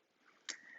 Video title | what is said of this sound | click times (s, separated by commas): 2017-2021 Audi A4 4-dr Sedan - Best Thule Roof Rack Option | once you're fully tightened that door that handle will click indicating you've tightened it completely | 0.5 s